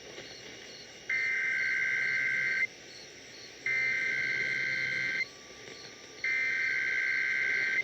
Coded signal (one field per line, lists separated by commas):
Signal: Emergency Alert System (SAME) tones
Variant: header bursts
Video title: KDKA Weekly & Amplify (9/1/24) EAS 2651